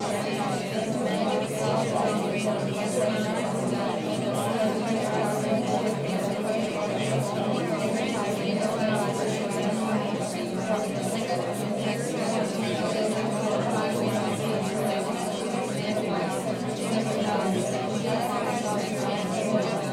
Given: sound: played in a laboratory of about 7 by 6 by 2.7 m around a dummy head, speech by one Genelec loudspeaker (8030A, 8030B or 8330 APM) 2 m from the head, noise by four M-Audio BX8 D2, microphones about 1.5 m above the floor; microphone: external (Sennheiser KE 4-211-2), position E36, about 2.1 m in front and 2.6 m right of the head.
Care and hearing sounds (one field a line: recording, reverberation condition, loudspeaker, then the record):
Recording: babble noise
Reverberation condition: low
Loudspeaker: four, about 170 cm from the corners of the room and facing them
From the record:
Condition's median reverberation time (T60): about 310 ms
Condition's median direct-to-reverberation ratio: about 3.5 dB